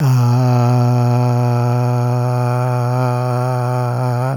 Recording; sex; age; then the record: sustained vowel /a/; male; 60 to 69 years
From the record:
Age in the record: 65 years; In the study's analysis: excluded